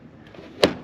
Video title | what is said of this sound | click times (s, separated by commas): Jeep TJ Radiator Replacement | We will get our overflow bottle snapped back in, put its connection up on the radiator here, make it nice and snug. | 0.6 s